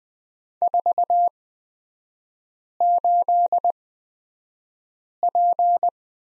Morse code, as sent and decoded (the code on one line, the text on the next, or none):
....- ---.. .--.
48P